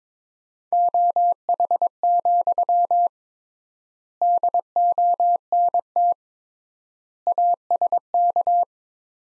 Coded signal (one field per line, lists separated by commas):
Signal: Morse code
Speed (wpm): 22 wpm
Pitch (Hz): 700 Hz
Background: none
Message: OH, DONT ASK